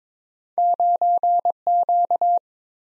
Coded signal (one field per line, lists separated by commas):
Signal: Morse code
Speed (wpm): 22 wpm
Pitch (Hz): 700 Hz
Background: none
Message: 9Q